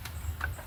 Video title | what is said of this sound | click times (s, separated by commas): 2009 Dodge journey 3.5L AWD intake manifold cover installation | and once I hear that click and know that it won't come out I'll go ahead and I'll close it like that | 0.4 s